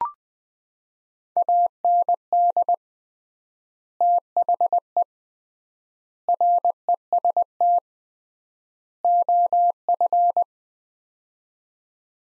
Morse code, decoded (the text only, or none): AND THE REST OF